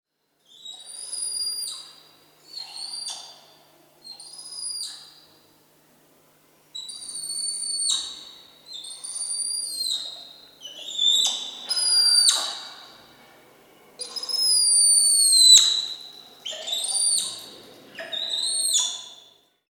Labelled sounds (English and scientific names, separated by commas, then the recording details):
Black-handed Spider Monkey (Ateles geoffroyi)
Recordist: Tembrock, Günter
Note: Rufe